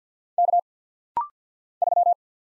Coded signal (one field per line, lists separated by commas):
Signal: Morse code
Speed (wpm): 48 wpm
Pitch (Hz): 700 Hz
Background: none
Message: K 3